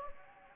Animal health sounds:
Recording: mosquito wingbeat signal from an infrared sensor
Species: Anopheles gambiae

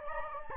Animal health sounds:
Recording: mosquito wingbeat signal from an infrared sensor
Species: Anopheles gambiae

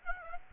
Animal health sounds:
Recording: mosquito wingbeat signal from an infrared sensor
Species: Aedes aegypti

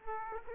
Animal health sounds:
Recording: mosquito wingbeat signal from an infrared sensor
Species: Aedes aegypti

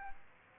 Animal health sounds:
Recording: mosquito wingbeat signal from an infrared sensor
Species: Aedes aegypti

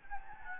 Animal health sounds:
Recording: mosquito wingbeat signal from an infrared sensor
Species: Anopheles gambiae

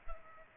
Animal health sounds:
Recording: mosquito wingbeat signal from an infrared sensor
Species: Culex pipiens

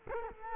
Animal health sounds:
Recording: mosquito wingbeat signal from an infrared sensor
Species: Culex quinquefasciatus

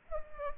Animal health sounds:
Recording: mosquito wingbeat signal from an infrared sensor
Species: Culex pipiens

